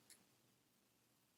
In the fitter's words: make sure you hear the click and then you can connect your pieces upward